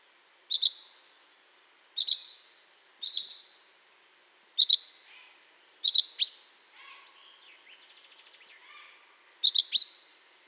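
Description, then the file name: Common chaffinch calling, short high paired notes repeated every one to few seconds, with a soft fainter twitter partway through. "Fringilla coelebs"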